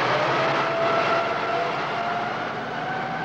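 A truck engine starts and roars steadily with a faint whining tone on top as the truck drives away from a gas station after refueling, the broad rumbling noise easing off slightly toward the end.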